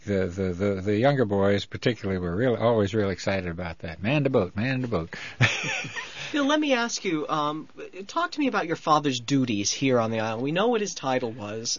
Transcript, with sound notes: the, the, the younger boys particularly were real, always real excited about that. "Man the boat. Man the boat." (he laughs)
Bill, let me ask you, talk to be about your father's duties here on the island. We know what his title was.